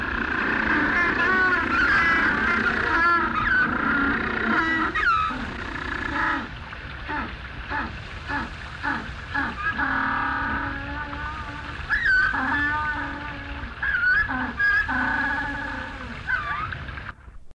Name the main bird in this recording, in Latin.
Spheniscus demersus